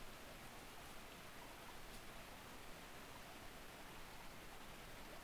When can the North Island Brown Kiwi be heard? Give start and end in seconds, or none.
none